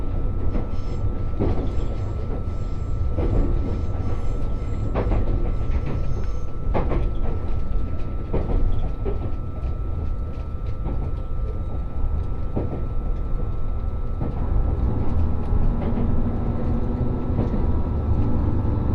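Inside the Resort Shirakami train, a steady low rumble of the moving car continues throughout, with a faint tone and frequent soft clicks and knocks.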